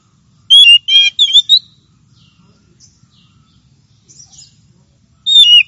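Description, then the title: Oriental magpie-robin delivering a brief run of strong whistled and buzzy notes, a gap with soft faint calls, then another loud whistle at the end. Champion bird; song. "Kicau Burung Kacer Juara"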